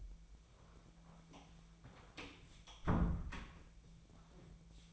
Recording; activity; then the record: daily activity, microphone in the room; close door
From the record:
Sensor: 1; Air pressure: 1000.5 hPa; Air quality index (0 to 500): 180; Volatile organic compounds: 4 ppm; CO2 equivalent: 1660 ppm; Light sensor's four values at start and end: 13/30/12/14 and 12/29/12/14